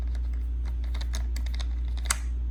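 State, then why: Released. Someone works the top chuck jaw of a laser rotary chuck back through a series of small clicking, tapping sounds until it clicks out of the scroll at 2.1 s. A steady low hum sits underneath, and the jaw is released.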